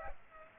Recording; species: mosquito wingbeat signal from an infrared sensor; Culex pipiens